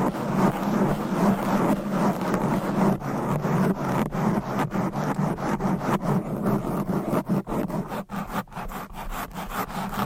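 Fast, aggressive scratching on a microphone, a dense rasping scrape with a low rumble and rapid brief dropouts, choppier after four seconds.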